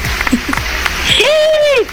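Steady applause from a crowd, a dense crackling wash that runs the whole two seconds, with a sustained rising-and-falling cheer from a voice partway through.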